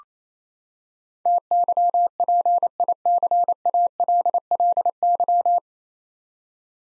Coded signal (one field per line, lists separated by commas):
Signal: Morse code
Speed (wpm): 28 wpm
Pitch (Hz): 700 Hz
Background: none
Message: TYPICALLY